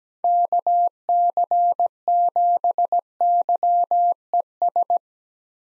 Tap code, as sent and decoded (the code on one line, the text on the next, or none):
none